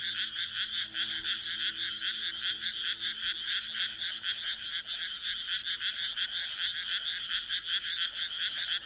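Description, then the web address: Frog chorus of dense, rapid high-pitched pulses forming a continuous rasping trill, with a faint low hum underneath. "kaeru kaeru"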